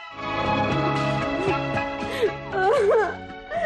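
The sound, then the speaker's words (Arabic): A woman cries in drawn-out, wavering sobs, her voice quivering up and down in pitch, with steady low sustained tones running beneath. “بطلي عياط.”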